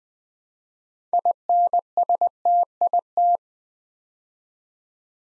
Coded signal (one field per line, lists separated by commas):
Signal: Morse code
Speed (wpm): 20 wpm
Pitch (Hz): 700 Hz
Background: none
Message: INSTIT